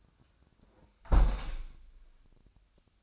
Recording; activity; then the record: daily activity, microphone in the room; close window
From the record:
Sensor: 2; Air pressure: 1000.4 hPa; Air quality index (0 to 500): 128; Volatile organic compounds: 2 ppm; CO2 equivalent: 1068 ppm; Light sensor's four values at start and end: 11/31/12/14 and 11/31/12/14